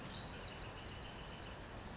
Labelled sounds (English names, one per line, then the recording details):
Bewick's Wren
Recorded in Sonoma County, California